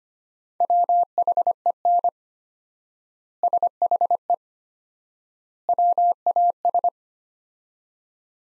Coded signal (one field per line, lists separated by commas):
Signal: Morse code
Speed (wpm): 25 wpm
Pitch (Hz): 700 Hz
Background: none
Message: WHEN SHE WAS